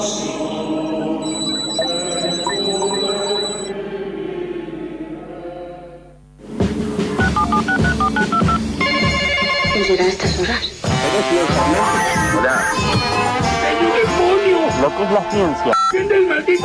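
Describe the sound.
Steady, high-pitched telephone dialing tones sound for a couple of seconds over a talking voice, then a louder, busy mix of voices and music takes over.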